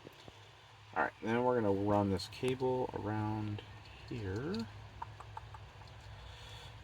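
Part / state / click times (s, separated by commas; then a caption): sliding door cable plastic fitting into its bracket on a minivan sliding door / seated / 5.0 s, 5.4 s. On a 2011 Honda Odyssey minivan sliding door, someone talks while routing the replacement sliding-door cable, then presses its plastic end piece into the mating bracket. Short, sharp clicks are heard as the robust tabs engage at 5.0 s and 5.4 s, and the piece snaps in and is seated.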